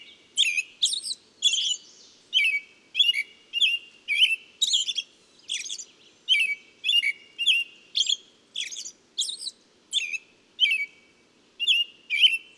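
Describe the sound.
Bird song: brisk repeated high chirps and twittered notes, roughly two per second, bright and clean with silent gaps.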